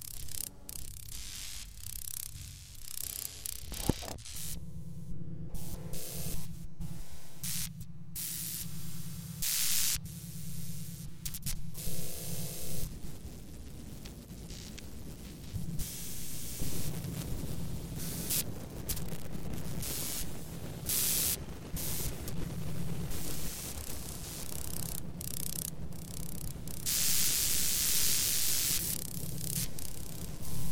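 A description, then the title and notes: A large grasshopper flaps its wings in loud, crackling bursts that come in quick, uneven runs through most of the half minute, dense. A low steady hum runs underneath during the first fifteen seconds, then fades out. A large grasshopper with a loud percussive wing flap. Original field recording of Tsikatsii made on Blood reserve Kainaii, Southern Alberta.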